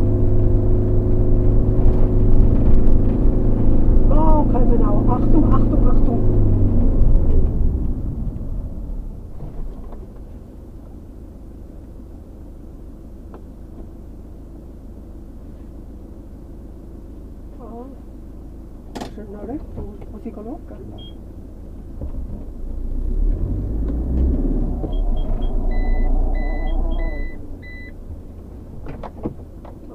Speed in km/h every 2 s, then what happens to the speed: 37, 38, 38, 25, 0, 0, 0, 0, 0, 0, 0, 0, 0, 0, 0.
0-5 steady at about 38. 5-8 brakes to 0. 8-30 standing.